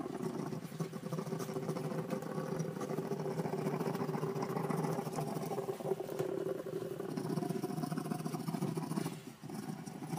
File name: Tieng dui keu kich thich sinh san